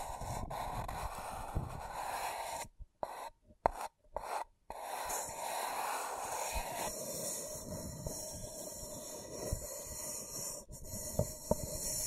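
Scratching and tracing sounds, a continuous dry rasping rub that fills most of the twelve seconds. Around the third and fourth seconds the scratching breaks into short bursts separated by brief silences, then resumes steadily, growing somewhat thinner and quieter after the seventh second.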